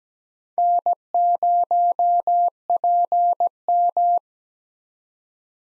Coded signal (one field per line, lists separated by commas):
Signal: Morse code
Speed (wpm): 17 wpm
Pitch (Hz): 700 Hz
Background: none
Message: N0PM